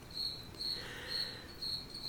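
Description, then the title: Cricket chirping, a steady run of short high pulsed chirps over faint low background noise. "C'nP Unprofessional editing with crickets and a calf"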